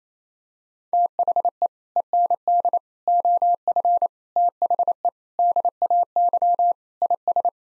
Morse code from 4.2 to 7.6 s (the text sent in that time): THE DAY IS